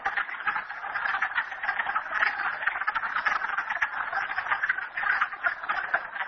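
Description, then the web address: Frogs in full chorus, countless raspy trills overlapping into a constant pulsing drone throughout. Frogs at Merryspring. "audio frogs merryspring 42008"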